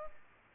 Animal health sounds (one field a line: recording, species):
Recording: mosquito wingbeat signal from an infrared sensor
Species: Culex pipiens